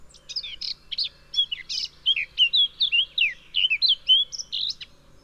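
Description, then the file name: Eurasian blackcap song: continuous rapid warble of varied scratchy and whistled notes, rising and falling, for several seconds. "Sylvia atricapilla"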